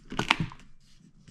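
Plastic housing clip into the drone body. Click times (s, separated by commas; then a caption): 0.3 s. A plastic housing clip on a Mavic Pro Platinum drone is pressed back into the drone body. A few small clicks come first, then a sharp, bright snap at 0.3 s that almost sounds like cracking but is not, followed by a low thud and faint handling sounds. The clip seats in place at 0.3 s.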